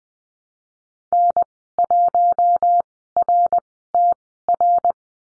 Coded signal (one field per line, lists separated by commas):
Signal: Morse code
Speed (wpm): 20 wpm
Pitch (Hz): 700 Hz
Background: none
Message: N1RTR